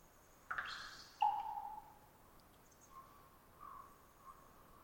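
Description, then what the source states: Common raven giving a rough twittering trill ending in a bold pop, followed by a few soft notes. Raven perched about 50 ft above the recordist, some distance away; long trilling twitter before the pop call; pop varies with location and population; gulps or beak snaps after pops.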